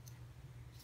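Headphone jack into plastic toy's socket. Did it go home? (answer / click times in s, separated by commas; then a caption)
yes / 0.1 s. The metal 3.5 mm jack of a pair of standard iPhone headphones is pushed into a socket in a small plastic Transformers: Titans Return Legends toy figure. A single short, faint click is heard at 0.1 s over a steady low hum. The jack locks into place in the socket.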